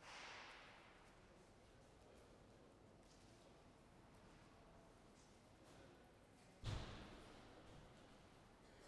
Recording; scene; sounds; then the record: everyday scene through a hearing-aid microphone; reverberant space; background noise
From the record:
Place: railway station hall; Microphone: behind the ear, left, rear